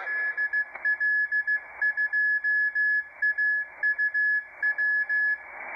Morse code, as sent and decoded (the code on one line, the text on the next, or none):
-.. .-.. ..--- .- ..- .--
DL2AUW